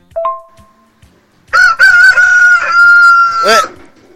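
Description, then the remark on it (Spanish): A short, faint squawk comes first, then a rooster lets out one loud, drawn-out crow, holding a steady strained pitch for about two seconds before dropping off at the end. No one speaks. “Bueno, ahí lo está el gallito cantando para vos, Joaquín.”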